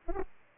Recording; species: mosquito wingbeat signal from an infrared sensor; Aedes aegypti